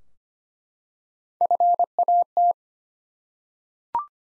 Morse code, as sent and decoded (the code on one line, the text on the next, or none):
..-. .- -
FAT